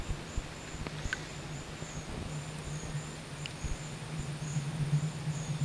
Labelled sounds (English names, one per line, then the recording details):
none
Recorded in dense forest near Puerto Asís, Putumayo, Colombia, on 22 December 2024 at 12:00
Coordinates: 0.484, -76.317
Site G026